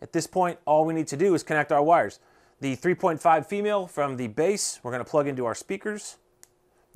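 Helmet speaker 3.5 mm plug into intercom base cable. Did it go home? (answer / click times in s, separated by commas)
yes / 6.4 s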